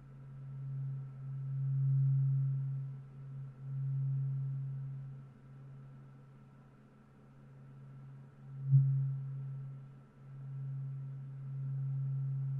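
A tuning fork hums a low, steady tone at 136.1 Hz that swells and fades repeatedly, with a faint higher ring and a brief knock near nine seconds.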